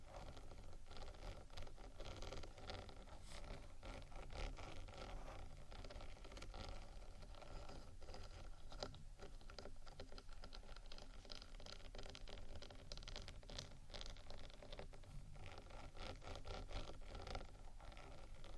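Scratching and tapping on a rhinestone-embellished microphone fill the whole 19 seconds with dense, crackly friction and rattling clicks. The texture stays steady in loudness, with frequent bright scrapes and small taps over a constant low rumble.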